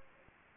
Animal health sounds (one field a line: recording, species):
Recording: mosquito wingbeat signal from an infrared sensor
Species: Anopheles gambiae